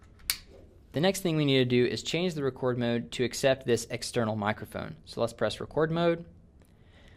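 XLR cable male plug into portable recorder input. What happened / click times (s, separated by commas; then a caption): The cable connector latched into the input / 0.3 s. The male XLR plug of a cable is pushed into the XLR input on the bottom left side of a Tascam DR-40 portable audio recorder, giving a loud, sharp click at 0.3 s as it seats. Someone then talks.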